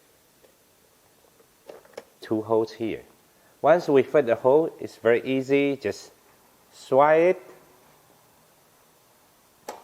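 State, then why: Seated. A wheelchair leg support has its two holes lined up on the wheelchair frame mount and is slid inwards until it locks, while someone talks. The support clicks into place with a short, sharp click at 9.7 s, and it is seated.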